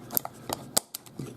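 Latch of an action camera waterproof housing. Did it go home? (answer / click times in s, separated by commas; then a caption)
yes / 0.8 s. The plastic latch of an action camera's waterproof housing is pressed closed after an earlier try in which it had not clicked, with several short plastic clicks at about 0.2, 0.3, 0.5 and 0.9 s. The loudest, sharpest snap comes at 0.8 s, when the latch clicks shut. The housing is confirmed locked and sealed for use in water.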